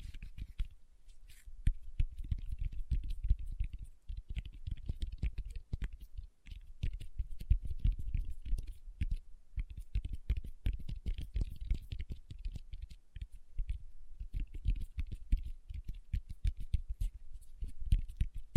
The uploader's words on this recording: ASMR Tapping with Fingertips (No Talking).